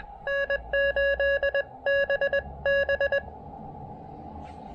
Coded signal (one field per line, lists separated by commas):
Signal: Morse code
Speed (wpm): 18 wpm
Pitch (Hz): 590 Hz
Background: none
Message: N8BB